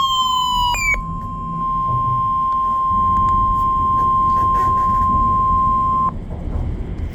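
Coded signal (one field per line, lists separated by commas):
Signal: Emergency Alert System (SAME) tones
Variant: 1050 Hz attention tone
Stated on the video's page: NWS Ruskin weekly test, afternoon send, that went wrong; the office botched both tests that day.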